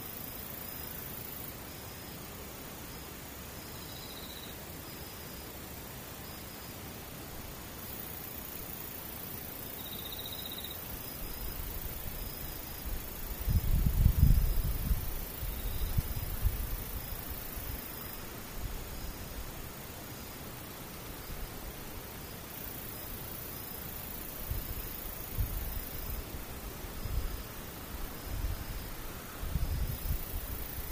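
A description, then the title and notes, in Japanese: A near-silent scene with faint, distant insects chirping in short, scattered calls over a steady soft hiss. Low rumbling thumps swell around the middle, near fourteen seconds, and return more lightly toward the end. 無音遠くにムシ。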